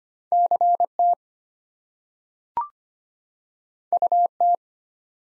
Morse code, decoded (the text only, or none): CT UT